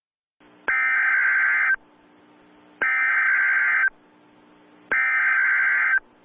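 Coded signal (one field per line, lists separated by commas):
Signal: Emergency Alert System (SAME) tones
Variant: header bursts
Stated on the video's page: Fictional EAS scenario in which an EAS test is interrupted by something unprecedented.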